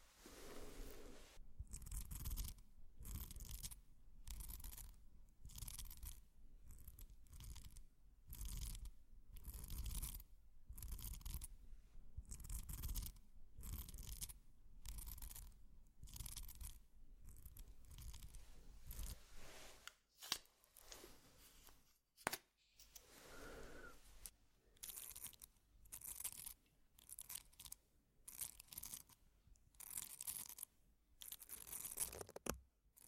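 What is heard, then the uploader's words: Makeup sounds with no talking, made of short crisp scratching and crunching strokes that come about once or twice a second in a steady rhythm. The strokes are bright and textured, with brief pauses near twenty and twenty-two seconds before the rhythm resumes. ASMR Doing Your Makeup , Pure Sounds , No Talking.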